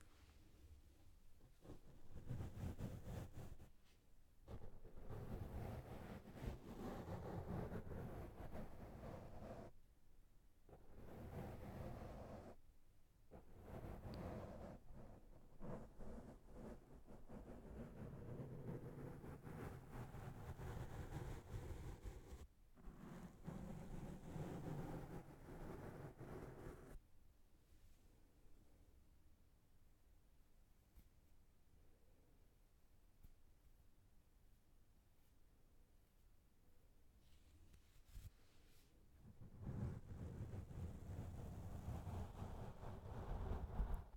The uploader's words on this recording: ASMR Brushing The Microphone with Different Brushes.